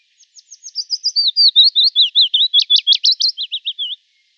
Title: Sylvain Jaskowiak - Mes piafs. Pouillot fitis